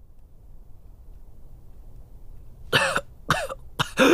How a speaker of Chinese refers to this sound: 与此同时的北秦王宫，鹦鹉殿内一阵惊心的咳嗽声响起，久久未有停歇。